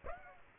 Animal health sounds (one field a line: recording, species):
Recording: mosquito wingbeat signal from an infrared sensor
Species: Aedes aegypti